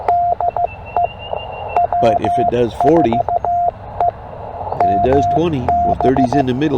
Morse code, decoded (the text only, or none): DE W4EMB